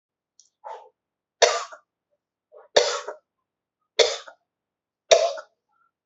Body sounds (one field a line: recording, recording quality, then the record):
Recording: heavy voluntary cough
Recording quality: excellent, no background noise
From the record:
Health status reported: healthy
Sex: male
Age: 30 years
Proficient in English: yes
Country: India